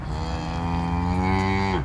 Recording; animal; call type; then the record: contact call of a hoofed animal; cattle; low-frequency (closed-mouth) or high-frequency (open-mouth) call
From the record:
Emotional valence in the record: negative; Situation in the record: full separation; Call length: 1.85 s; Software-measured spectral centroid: 1760 Hz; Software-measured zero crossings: 1200 a second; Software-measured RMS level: -24 dBFS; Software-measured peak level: -11 dBFS